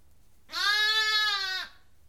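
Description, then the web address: Sheep (lamb) giving a single steady, rich, nasal baa lasting about a second, then quiet. Lamb bleating. "The BBC Sound Effects Library. Lamb Bleating"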